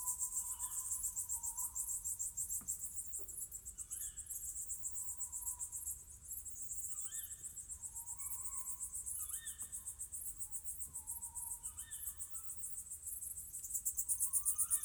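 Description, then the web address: Crickets chirp in fast high pulses throughout, with scattered lower tonal calls. Summer night. "Ivo Vicic - Natural ambiences vol 1. Crickets owls summer night"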